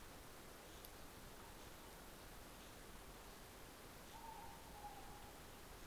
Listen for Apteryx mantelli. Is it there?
no